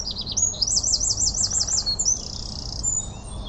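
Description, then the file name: Eurasian wren song: a quick run of high notes into a rapid rolling trill and a buzzy rattle, over steady low background noise. "Troglodytes troglodytes"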